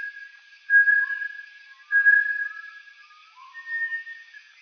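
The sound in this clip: Bartlett's tinamou giving long, level, pure whistles, with a few shorter, lower notes.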